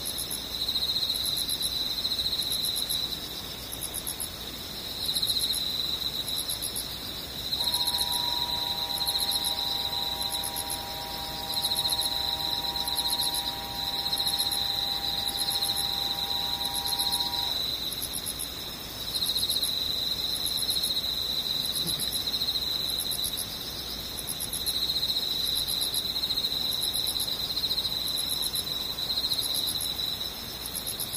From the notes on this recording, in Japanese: ムシ